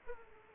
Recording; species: mosquito wingbeat signal from an infrared sensor; Aedes aegypti